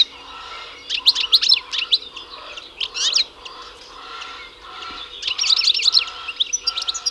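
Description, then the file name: European goldfinch song, rapid tinkling twitters and chirps in bursts with brief pauses, a steady low hum underneath. "Carduelis carduelis"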